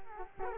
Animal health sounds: mosquito wingbeat signal from an infrared sensor; Culex quinquefasciatus

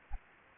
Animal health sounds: mosquito wingbeat signal from an infrared sensor; Aedes aegypti

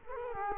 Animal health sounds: mosquito wingbeat signal from an infrared sensor; Culex quinquefasciatus

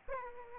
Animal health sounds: mosquito wingbeat signal from an infrared sensor; Aedes aegypti

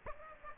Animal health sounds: mosquito wingbeat signal from an infrared sensor; Aedes aegypti

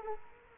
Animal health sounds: mosquito wingbeat signal from an infrared sensor; Culex quinquefasciatus

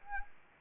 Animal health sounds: mosquito wingbeat signal from an infrared sensor; Anopheles arabiensis

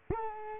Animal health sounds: mosquito wingbeat signal from an infrared sensor; Culex quinquefasciatus

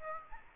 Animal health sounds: mosquito wingbeat signal from an infrared sensor; Aedes aegypti

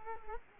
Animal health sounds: mosquito wingbeat signal from an infrared sensor; Culex quinquefasciatus

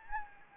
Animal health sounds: mosquito wingbeat signal from an infrared sensor; Anopheles gambiae

